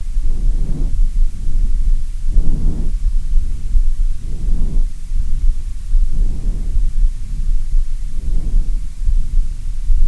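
Soft, muffled low thumps recur regularly, about every two seconds, over a steady low hum. These are normal heart sounds of an adult with no added murmur.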